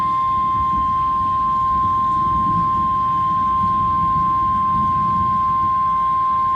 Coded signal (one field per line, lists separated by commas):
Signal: Emergency Alert System (SAME) tones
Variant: 1050 Hz attention tone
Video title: EAs Severe Thunderstorm warning For my county